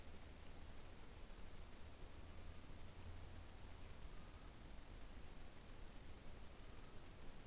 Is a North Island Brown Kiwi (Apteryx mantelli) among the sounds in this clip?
no